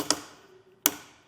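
A torque-limiting Allen key tightens a bolt on a Yakima BaseLine roof rack tower on a 2025 Ram 1500. It gives two sharp clicks at 0.1 s and 0.9 s, the second much louder, each fading quickly. The built-in torque limiter clicks to show the bolt is tight enough, as confirmed.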